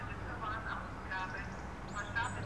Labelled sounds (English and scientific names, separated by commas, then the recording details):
Great Tit (Parus major)
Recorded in Germany
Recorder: ecoPi